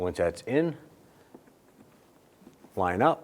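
Someone talks while the plastic rear bumper reflector of a 2010-2016 Cadillac SRX, its tab already set in the bumper cover's notch, is handled and lined up with the bumper opening before being pressed home. Between the talking there is only a faint minor sound near 1.4 seconds, and the reflector has not clicked into place yet.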